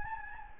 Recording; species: mosquito wingbeat signal from an infrared sensor; Anopheles gambiae